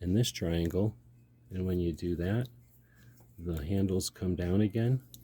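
Someone talks while handling folding emergency trauma shears: the two triangle release buttons are pressed and the metal handles are brought back down toward the pivot. Nothing has seated or clicked yet; the handles have not locked into place by the end.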